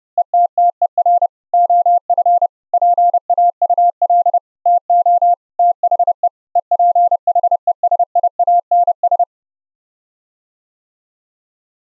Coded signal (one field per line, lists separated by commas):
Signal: Morse code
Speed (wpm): 30 wpm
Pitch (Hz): 700 Hz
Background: none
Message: ETTER OF PAUL TO THE EPHESIANS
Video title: send Morse Code Audio over the Internet using FFMPEG and the OPUS CODEC - LIVE demo